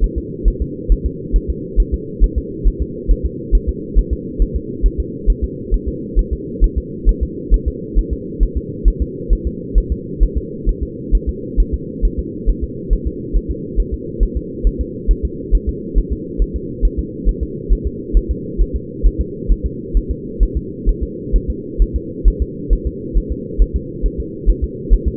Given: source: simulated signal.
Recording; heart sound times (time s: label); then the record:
fetal heart sounds
0.04 s: S1
0.18 s: S2
0.48 s: S1
0.62 s: S2
0.92 s: S1
1.06 s: S2
1.36 s: S1
1.50 s: S2
1.80 s: S1
1.94 s: S2
2.24 s: S1
2.38 s: S2
2.67 s: S1
2.82 s: S2
3.11 s: S1
3.25 s: S2
3.55 s: S1
3.69 s: S2
3.99 s: S1
4.13 s: S2
4.42 s: S1
4.56 s: S2
4.86 s: S1
5.00 s: S2
5.30 s: S1
5.44 s: S2
5.74 s: S1
5.88 s: S2
6.19 s: S1
6.33 s: S2
6.64 s: S1
6.78 s: S2
7.09 s: S1
7.23 s: S2
7.54 s: S1
7.68 s: S2
7.99 s: S1
8.13 s: S2
8.43 s: S1
8.57 s: S2
8.88 s: S1
9.02 s: S2
9.33 s: S1
9.47 s: S2
9.78 s: S1
9.92 s: S2
10.23 s: S1
10.38 s: S2
10.69 s: S1
10.83 s: S2
11.15 s: S1
11.29 s: S2
11.60 s: S1
11.74 s: S2
12.05 s: S1
12.19 s: S2
12.49 s: S1
12.64 s: S2
12.93 s: S1
13.07 s: S2
13.36 s: S1
13.51 s: S2
13.80 s: S1
13.94 s: S2
14.23 s: S1
14.37 s: S2
14.67 s: S1
14.81 s: S2
15.11 s: S1
15.25 s: S2
15.55 s: S1
15.69 s: S2
15.98 s: S1
16.12 s: S2
16.42 s: S1
16.56 s: S2
16.85 s: S1
16.99 s: S2
17.29 s: S1
17.43 s: S2
17.73 s: S1
17.87 s: S2
18.17 s: S1
18.31 s: S2
18.61 s: S1
18.76 s: S2
19.06 s: S1
19.21 s: S2
19.52 s: S1
19.66 s: S2
19.97 s: S1
20.11 s: S2
20.43 s: S1
20.57 s: S2
20.89 s: S1
21.03 s: S2
21.36 s: S1
21.50 s: S2
21.82 s: S1
21.96 s: S2
22.28 s: S1
22.42 s: S2
22.73 s: S1
22.87 s: S2
23.18 s: S1
23.32 s: S2
23.62 s: S1
23.76 s: S2
24.06 s: S1
24.20 s: S2
24.50 s: S1
24.64 s: S2
24.93 s: S1
25.08 s: S2
From the record:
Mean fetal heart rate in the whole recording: 135 bpm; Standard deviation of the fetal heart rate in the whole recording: 3 bpm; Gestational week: 36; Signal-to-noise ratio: -4.1 dB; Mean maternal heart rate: no maternal heart sound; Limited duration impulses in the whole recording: absent